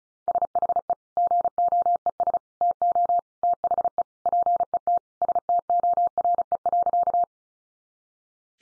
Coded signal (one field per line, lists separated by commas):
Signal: Morse code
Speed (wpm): 34 wpm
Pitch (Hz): 700 Hz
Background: none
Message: SHE GOES TO THE PET STORE.